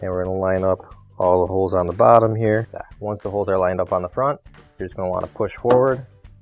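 Someone talks while the metal front panel of a Maytag dryer, removed to replace the pulley assembly, has the holes along its bottom lined up before it is pushed forward so its tabs lock into the dryer cabinet. Nothing has seated or clicked yet; the clip ends before the panel goes home.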